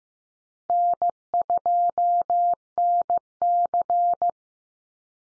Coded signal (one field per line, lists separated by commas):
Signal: Morse code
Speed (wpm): 15 wpm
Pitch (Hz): 700 Hz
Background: none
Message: N2NC